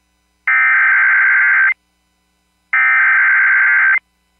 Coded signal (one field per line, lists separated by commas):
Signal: Emergency Alert System (SAME) tones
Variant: header bursts